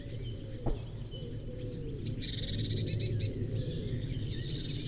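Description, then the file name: Eurasian blue tit calls: a quick series of thin high notes, then a buzzy churr, over a steady low rumble. "Cyanistes caeruleus"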